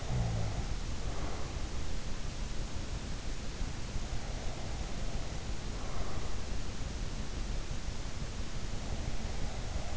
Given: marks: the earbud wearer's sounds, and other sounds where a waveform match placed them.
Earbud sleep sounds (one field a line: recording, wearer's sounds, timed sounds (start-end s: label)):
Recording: sounds in sleep by an in-ear microphone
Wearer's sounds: snoring breath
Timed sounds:
0.00-1.59 s: snoring breath